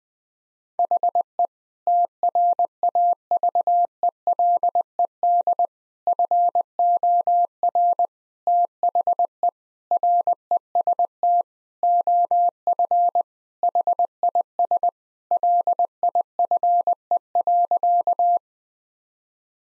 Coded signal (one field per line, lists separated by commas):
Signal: Morse code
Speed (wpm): 20 wpm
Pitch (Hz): 700 Hz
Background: none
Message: HE TRAVELED FOR THE REST OF HIS LIFE.